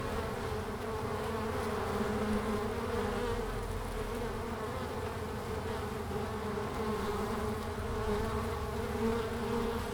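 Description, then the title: Honey bees give an even, unbroken hum of many wings, low and level throughout. Bees in large numbers flying out at the hive entrance, Langel, Köln, Germany, in March at 20 °C during sunny hours; recorder placed directly below the entrance hole, some bees briefly caught on the windshield fur. "Langel, Köln, Deutschland - Bienen im März. Bees in march"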